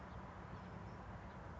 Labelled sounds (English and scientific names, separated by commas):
House Finch (Haemorhous mexicanus)